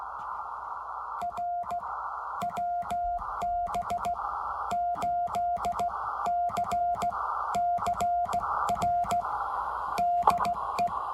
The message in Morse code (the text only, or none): R WB8CCR DE